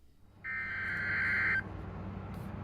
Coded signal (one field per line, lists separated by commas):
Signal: Emergency Alert System (SAME) tones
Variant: header bursts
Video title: Ohio's Wrath: IV (EAS #281-299)